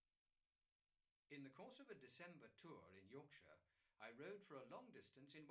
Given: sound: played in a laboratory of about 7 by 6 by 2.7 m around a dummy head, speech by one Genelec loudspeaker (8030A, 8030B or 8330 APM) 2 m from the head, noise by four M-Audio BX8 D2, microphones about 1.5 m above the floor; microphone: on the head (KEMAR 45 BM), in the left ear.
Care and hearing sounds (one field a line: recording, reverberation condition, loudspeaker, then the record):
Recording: male speech in English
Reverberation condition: low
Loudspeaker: 120 degrees to the left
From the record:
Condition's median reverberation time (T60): about 310 ms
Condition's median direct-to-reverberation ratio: about 3.5 dB